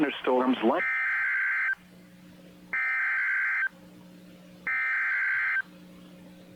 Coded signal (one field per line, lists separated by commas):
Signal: Emergency Alert System (SAME) tones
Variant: header bursts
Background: speech